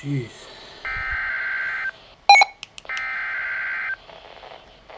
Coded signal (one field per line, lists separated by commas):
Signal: Emergency Alert System (SAME) tones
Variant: header bursts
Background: speech